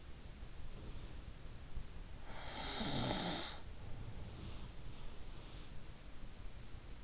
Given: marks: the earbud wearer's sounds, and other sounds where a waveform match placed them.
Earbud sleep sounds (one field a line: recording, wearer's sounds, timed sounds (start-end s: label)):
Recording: sounds in sleep by an in-ear microphone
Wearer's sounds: snoring breath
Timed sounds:
1.89-4.62 s: snoring breath